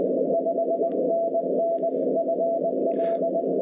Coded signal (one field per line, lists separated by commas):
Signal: Morse code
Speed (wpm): 19 wpm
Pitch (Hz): 670 Hz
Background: none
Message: 5NN FL